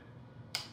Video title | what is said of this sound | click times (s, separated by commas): The Canon R5 Settings You Need To Know - High School Yearbook/Journalism | until it clicks into place. | 0.6 s